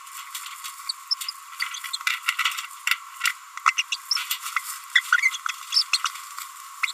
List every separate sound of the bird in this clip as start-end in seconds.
0.89-0.92, 1.74-1.76, 1.93-1.96, 3.67-3.71, 3.78-3.82, 3.92-3.96, 4.11-4.15, 4.95-5.00, 5.74-5.83, 5.93-5.97, 6.05-6.08, 6.88-6.92